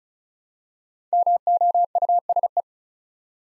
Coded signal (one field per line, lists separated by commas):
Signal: Morse code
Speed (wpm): 36 wpm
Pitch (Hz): 700 Hz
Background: none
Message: MOUSE